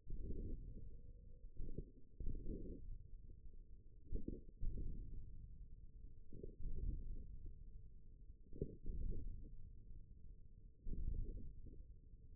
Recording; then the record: forearm muscle sounds (acoustic myography)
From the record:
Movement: ulnar deviation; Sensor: system 1, eight BSWA MPA416 microphones around the upper forearm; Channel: 3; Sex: male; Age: 41 years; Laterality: right